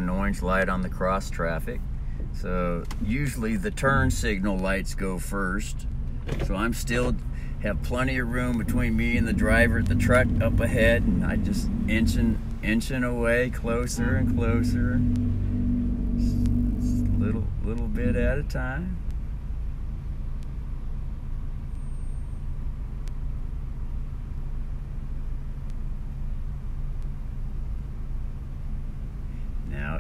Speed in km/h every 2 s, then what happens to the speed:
1, 1, 1, 1, 1, 1, 1, 1, 1, 1, 1, 1, 1, 1, 1.
0-30 standing.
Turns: none.